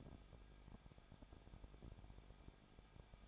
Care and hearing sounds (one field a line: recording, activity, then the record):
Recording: daily activity, microphone in the room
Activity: no activity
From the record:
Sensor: 5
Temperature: 20.9 degrees Celsius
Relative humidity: 35.1%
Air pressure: 994.7 hPa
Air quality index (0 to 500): 154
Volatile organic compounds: 2 ppm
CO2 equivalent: 1289 ppm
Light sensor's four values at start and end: 2/3/1/1 and 2/3/1/1